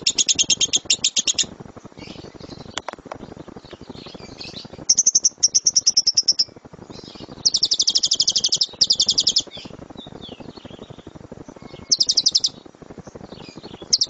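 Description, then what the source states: Lovebird song of repeated high chattering bursts and trills, broken by short pauses, with a few softer squeaks between phrases. Competition lovebird; kicau (chirping song).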